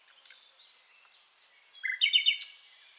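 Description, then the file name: Common nightingale song: a long high pure whistle, then lower notes dropping into a quick burst of rapid chattering repeated notes. "Luscinia megarhynchos"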